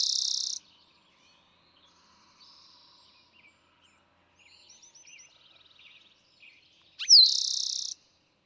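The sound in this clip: Eastern towhee song, a bright trill ending one phrase, then a quick downslurred note leading into another buzzy trill; softer chirps and short trills from other birds fill the gap.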